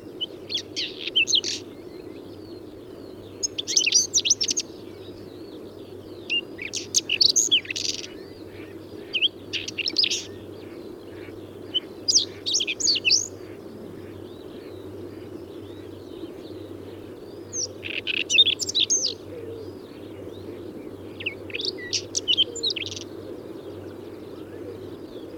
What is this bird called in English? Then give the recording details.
Whinchat. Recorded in the wild. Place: Schwerin, Lewitz, Mecklenburg-Vorpommern, DE. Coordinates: 53.636, 11.401. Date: 1984-04-30. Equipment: Nagra III BH, Sennheiser MD 21, parabola. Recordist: Schubert, Michael. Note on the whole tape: Spontangesang von Braunkehlchen, sehr konkret